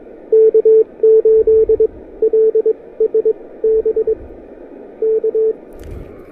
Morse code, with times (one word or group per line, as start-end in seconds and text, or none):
0.3-4.1 K8LSB
5.0-5.5 K